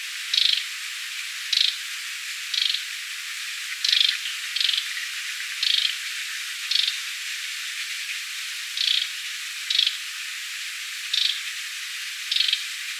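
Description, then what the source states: Bull-headed shrike calling with a series of short, rasping notes at fairly regular intervals against constant hiss. Recorded 26 June 2018.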